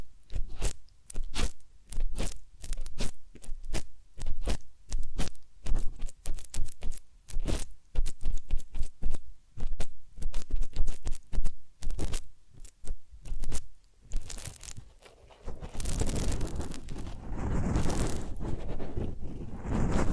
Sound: Massage, Ear Cleaning and Spa